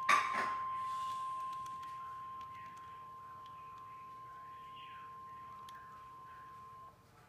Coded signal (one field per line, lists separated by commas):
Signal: Emergency Alert System (SAME) tones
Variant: 1050 Hz attention tone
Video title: EAS #330 - Severe Thunderstorm Watch #123 (Live Stream) 5-7-2014